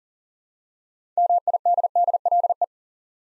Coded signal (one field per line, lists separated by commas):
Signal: Morse code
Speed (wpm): 40 wpm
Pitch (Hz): 700 Hz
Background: none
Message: MIDDLE